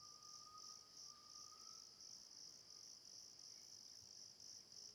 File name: Ambiencia mata das andorinhas grilos, passaros maritaca longe